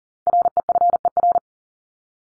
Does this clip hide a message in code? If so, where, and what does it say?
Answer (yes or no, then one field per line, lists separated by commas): yes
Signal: Morse code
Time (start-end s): 0.3-1.4 s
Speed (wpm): 40 wpm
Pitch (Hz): 700 Hz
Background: none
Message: REFER